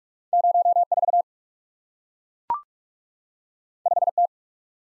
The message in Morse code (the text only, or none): 04 5T